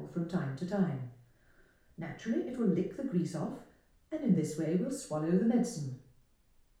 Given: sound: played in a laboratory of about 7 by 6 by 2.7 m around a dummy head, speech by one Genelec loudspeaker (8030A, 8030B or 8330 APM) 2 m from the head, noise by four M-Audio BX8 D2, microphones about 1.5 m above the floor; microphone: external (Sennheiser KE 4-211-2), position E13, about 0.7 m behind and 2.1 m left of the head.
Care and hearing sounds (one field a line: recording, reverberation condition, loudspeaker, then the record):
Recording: female speech in English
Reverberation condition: medium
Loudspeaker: 60 degrees to the left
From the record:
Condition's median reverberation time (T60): about 510 ms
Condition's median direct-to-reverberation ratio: about -0.5 dB